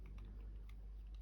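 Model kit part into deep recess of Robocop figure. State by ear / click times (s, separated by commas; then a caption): not seated / none. A model kit part is handled as it is fitted down into a deep recess of a Robocop figure, with faint soft ticks and small handling taps over a low steady hum. Nothing has seated or clicked yet.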